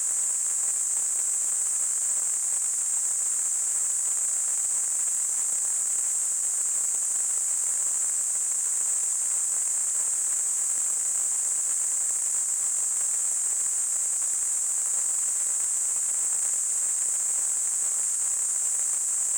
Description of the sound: Tinnitus.